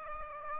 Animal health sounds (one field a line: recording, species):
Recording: mosquito wingbeat signal from an infrared sensor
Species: Aedes aegypti